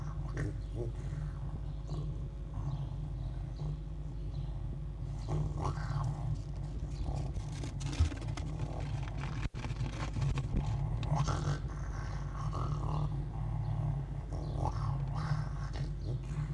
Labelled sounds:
Red Fox (Vulpes vulpes)

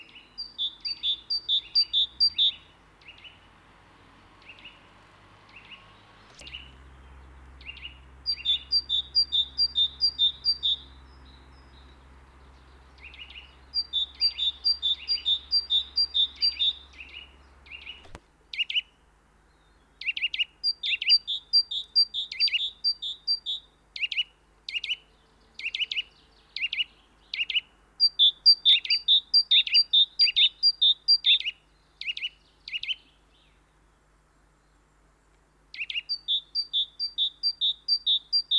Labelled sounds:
Great Tit (Parus major) song

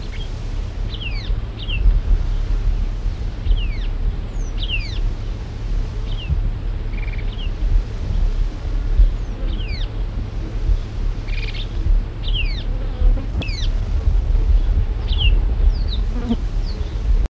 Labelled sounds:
Cape Sparrow (Passer melanurus) call

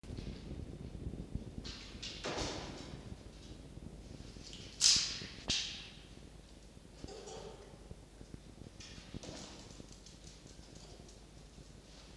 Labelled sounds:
Red Fox (Vulpes vulpes)

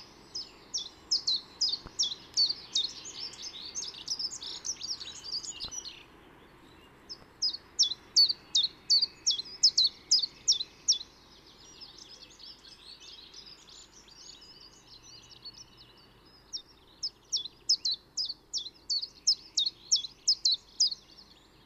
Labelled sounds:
Common Chiffchaff (Phylloscopus collybita) song

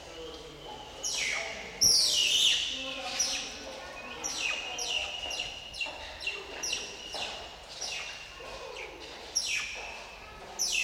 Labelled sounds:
Banded Mongoose (Mungos mungo)

